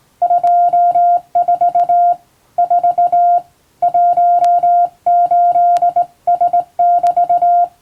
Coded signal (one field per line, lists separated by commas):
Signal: Morse code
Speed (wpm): 20 wpm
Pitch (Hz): 700 Hz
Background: music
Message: 24 4 18S<BT>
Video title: 【morse code practice】This is practice video for radio operator license. In japan, R/O needs 16wpm.